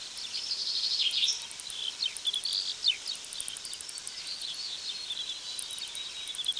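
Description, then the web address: Rifleman song: thin, high-pitched zipping notes repeated in quick clusters, with fast ticking high for most. "birdsong"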